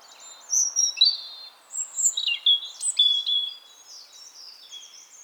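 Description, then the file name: European robin song: a run of thin, high, tinkling notes and trills, with quick pitch jumps between phrases, fading into soft hiss. "Erithacus rubecula"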